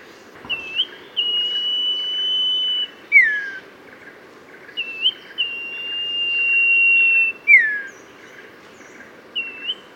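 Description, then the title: Oriental magpie-robin song of sustained pure whistles, short upward slurs and clear falling notes, repeated in phrases a few seconds apart. "Kicau Kacer"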